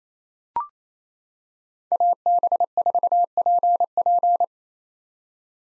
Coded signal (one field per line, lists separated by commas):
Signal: Morse code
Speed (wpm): 28 wpm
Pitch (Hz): 700 Hz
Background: none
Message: AB4PP